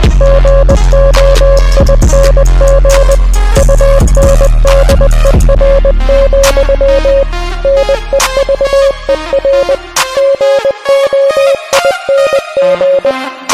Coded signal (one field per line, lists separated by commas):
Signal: Morse code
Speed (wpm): 20 wpm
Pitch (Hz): 550 Hz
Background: music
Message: GOING UNDER, NEVER GOING